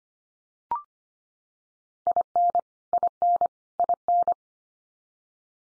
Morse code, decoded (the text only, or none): IN IN IN